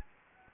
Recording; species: mosquito wingbeat signal from an infrared sensor; Anopheles gambiae